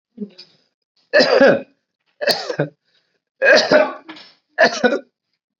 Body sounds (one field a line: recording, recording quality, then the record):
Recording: heavy voluntary cough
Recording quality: excellent, no background noise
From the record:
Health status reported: healthy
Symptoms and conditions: none ticked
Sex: male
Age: 41 years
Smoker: not ticked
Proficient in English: yes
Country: India